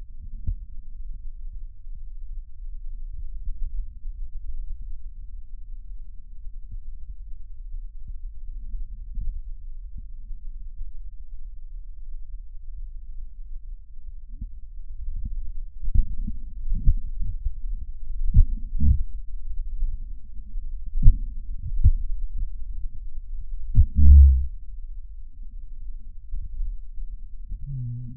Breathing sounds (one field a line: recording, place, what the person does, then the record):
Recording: lung sounds by stethoscope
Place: right posterior apical chest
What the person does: quiet breathing, then cough and speech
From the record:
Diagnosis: pulmonary infection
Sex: male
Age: 69 years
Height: 184 cm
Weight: 115 kg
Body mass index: 34.0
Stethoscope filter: bell mode